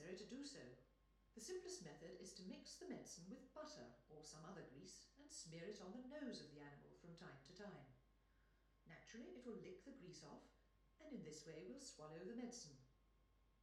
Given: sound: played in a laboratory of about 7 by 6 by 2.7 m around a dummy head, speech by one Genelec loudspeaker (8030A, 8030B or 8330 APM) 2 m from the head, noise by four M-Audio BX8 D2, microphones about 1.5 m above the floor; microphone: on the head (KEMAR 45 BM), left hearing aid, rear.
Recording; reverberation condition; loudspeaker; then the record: female speech in English; medium; in front (0 degrees)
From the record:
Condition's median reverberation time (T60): about 510 ms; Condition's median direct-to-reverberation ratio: about -0.5 dB